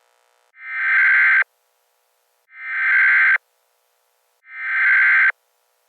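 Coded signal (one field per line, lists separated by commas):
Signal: Emergency Alert System (SAME) tones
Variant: header bursts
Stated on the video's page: Fictional disease outbreak scenario using valid tones.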